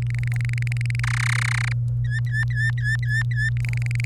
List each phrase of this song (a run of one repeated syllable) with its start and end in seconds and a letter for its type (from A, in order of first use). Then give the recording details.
0.02-1.00 A, 1.03-1.73 B, 2.04-3.49 C, 3.57-4.05 A. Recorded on 27 April 2018 at 08:02. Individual llb3